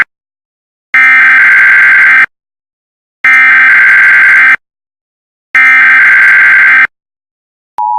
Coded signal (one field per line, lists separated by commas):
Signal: Emergency Alert System (SAME) tones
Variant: header bursts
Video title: Premiere #2: EAS Videos (MAYBE VALID TONES)